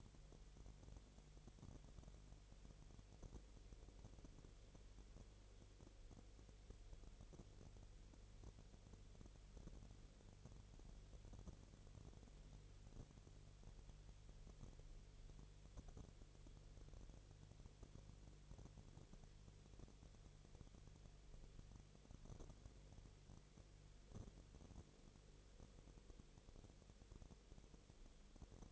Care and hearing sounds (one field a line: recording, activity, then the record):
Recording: daily activity, microphone in the room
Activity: no activity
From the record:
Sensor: 4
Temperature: 22.4 degrees Celsius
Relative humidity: 30.8%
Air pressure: 1004.1 hPa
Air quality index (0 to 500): 86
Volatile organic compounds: 1 ppm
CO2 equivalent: 775 ppm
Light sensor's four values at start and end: 2/3/1/1 and 2/3/1/1